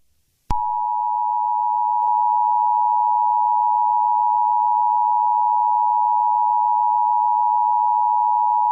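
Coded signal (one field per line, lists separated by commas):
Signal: Emergency Alert System (SAME) tones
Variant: 853 and 960 Hz attention tone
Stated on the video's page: Fictional EAS scenario.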